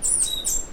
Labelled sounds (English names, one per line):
Stitchbird song